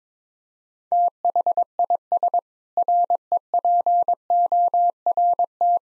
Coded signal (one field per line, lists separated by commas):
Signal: Morse code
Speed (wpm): 22 wpm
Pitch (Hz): 700 Hz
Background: none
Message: THIS REPORT